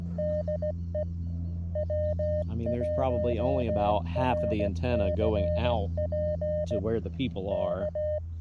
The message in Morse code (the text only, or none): DE W1RCP K